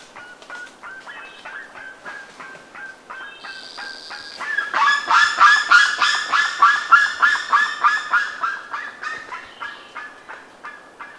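Bird honking calls, harsh and nasal, given in a fast repeated series that swells louder midway.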